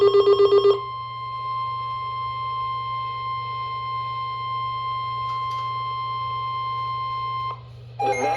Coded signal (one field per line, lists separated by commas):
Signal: Emergency Alert System (SAME) tones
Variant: 1050 Hz attention tone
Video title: Special Marine Warning (EAS #75)